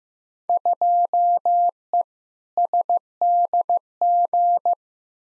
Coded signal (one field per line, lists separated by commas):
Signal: Morse code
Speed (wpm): 15 wpm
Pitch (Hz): 700 Hz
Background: none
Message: 2E SDG